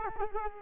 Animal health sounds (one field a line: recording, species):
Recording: mosquito wingbeat signal from an infrared sensor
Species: Culex quinquefasciatus